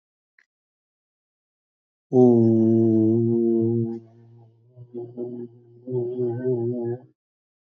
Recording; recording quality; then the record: sustained vowel as in beet; excellent, no background noise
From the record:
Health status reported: recovered from COVID-19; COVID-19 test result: negative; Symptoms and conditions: cough, cold, fever, diabetes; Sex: male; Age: 72 years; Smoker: not ticked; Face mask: not worn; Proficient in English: yes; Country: India